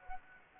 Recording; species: mosquito wingbeat signal from an infrared sensor; Anopheles gambiae